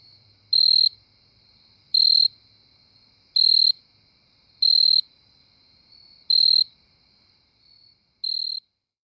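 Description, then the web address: Jumping field cricket song: short buzzy trills, about six bursts at a slow, steady pace, with a faint low rumble beneath. "The Songs of Insects. Jumping Field Cricket"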